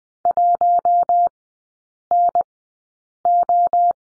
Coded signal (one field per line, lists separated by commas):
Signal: Morse code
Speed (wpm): 20 wpm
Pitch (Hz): 700 Hz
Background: none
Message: 1NO